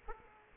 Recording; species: mosquito wingbeat signal from an infrared sensor; Aedes aegypti